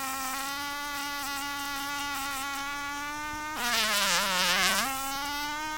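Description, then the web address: Fly buzzing: a continuous droning hum that suddenly swells into a louder, frantic burst with a sagging pitch, then settles back into the steady drone. Fly buzzing furiously while caught in a spider's web as the spider wraps it. "furiously buzzing fly spiders web being twining spider"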